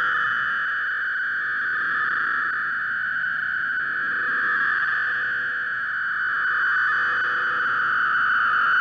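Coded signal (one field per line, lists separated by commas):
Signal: fast PSK data mode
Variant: robust PSK (PSKR)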